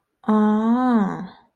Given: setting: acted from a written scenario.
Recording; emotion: vocal sound without words; realization